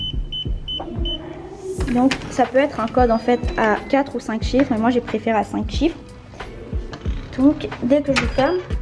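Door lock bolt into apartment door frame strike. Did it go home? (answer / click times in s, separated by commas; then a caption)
no / none. A five-digit code is being entered on an apartment door's digital lock, whose bolt is to throw into the door frame strike; a few short electronic beeps sound at the start, then someone talks throughout. Two brief sharp sounds occur near 6.4 s and 6.9 s. The lock is being handled and the bolt has not yet gone home; nothing has seated or clicked yet.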